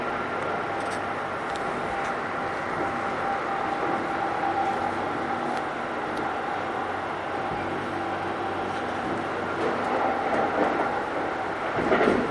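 A Keikyu New 1000 series train runs at steady speed, filling the clip with a continuous rumbling roar. A faint motor whine holds a steady pitch throughout, with occasional light clicks and rattles. Near the end the sound grows slightly louder and rougher.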